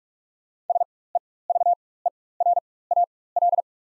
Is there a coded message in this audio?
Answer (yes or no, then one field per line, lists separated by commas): yes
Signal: Morse code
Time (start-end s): 0.7-3.6 s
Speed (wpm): 47 wpm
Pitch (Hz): 700 Hz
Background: none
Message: SEVERAL